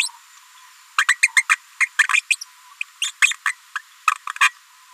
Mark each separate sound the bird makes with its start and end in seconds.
1.08-1.15, 1.23-1.28, 1.36-1.42, 1.49-1.55, 1.80-1.86, 2.13-2.21, 2.30-2.37, 3.02-3.11, 3.22-3.33, 3.46-3.53, 3.75-3.79, 4.07-4.11, 4.27-4.29, 4.40-4.49